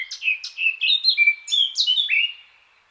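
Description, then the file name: Eurasian blackcap giving a short run of loud, mellow, fluty whistles before fading out. "Sylvia atricapilla"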